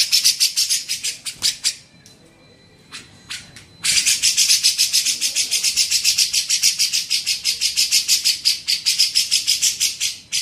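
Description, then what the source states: Grey-cheeked bulbul pouring out long runs of buzzy, grating notes, with a quieter gap near the start. Training song (masteran) for songbirds.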